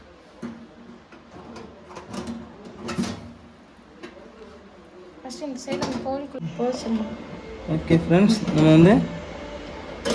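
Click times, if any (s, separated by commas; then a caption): none. A metal rotisserie skewer is slid into a grill oven mount and lined up with the hole on one side, with soft sliding and handling noises while someone talks. Nothing has seated or clicked yet; the skewer is not yet locked into the grill.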